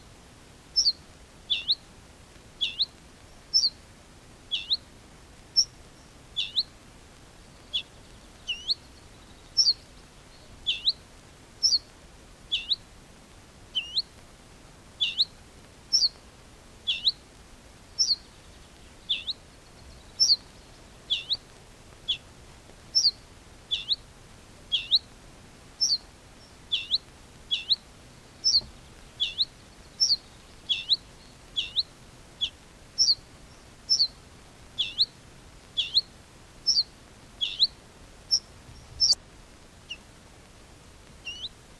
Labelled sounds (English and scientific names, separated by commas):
Ortolan Bunting (Emberiza hortulana) alarm call